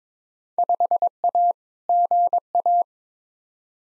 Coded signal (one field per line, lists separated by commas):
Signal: Morse code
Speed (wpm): 22 wpm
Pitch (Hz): 700 Hz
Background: none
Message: 5A GA